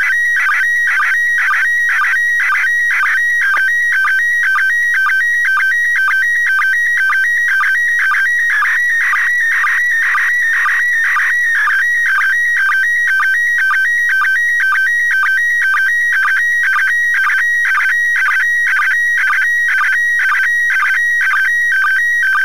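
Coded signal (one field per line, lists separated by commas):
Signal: SSTV (slow-scan television)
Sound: warbling tone switching between two pitches, with short low chirps about twice a second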